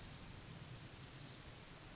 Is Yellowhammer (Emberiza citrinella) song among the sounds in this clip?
no